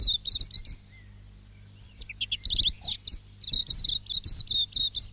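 Silvereye singing a lively high warble of clipped chirps and short slurred notes, a brief pause near the start, then a dense twittering run.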